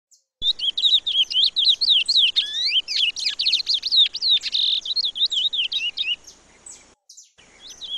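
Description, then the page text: Chestnut-bellied seed finch singing a long, rapid phrase of clear looping whistled notes, then a few fainter notes. "Curió (Sporophila Angolensis) #natureza #cantodocurio"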